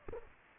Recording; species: mosquito wingbeat signal from an infrared sensor; Aedes aegypti